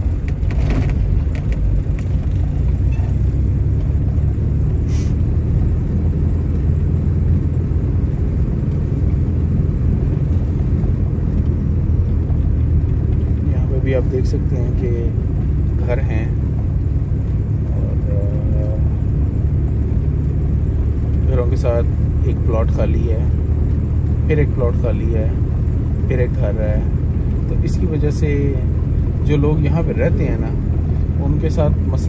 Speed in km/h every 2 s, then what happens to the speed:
10, 15, 18, 18, 18, 18, 16, 16, 15, 16, 16, 17, 17, 18, 18, 18.
0-4 speeds up to 18. 4-32 steady at about 17.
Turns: none.